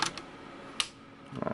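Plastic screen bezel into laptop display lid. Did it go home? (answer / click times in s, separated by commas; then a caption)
yes / 0.0 s, 0.8 s. On an Acer Nitro 5 Model N20C2 during a screen replacement, the plastic screen bezel is pressed onto the laptop display lid, starting from the bottom edge. Its clips snap into place with sharp clicks at 0.0 and 0.8 seconds, the second being the loudest. A quick burst of softer ticks and rubbing follows around 1.4 to 1.6 seconds, and the bezel ends up seated.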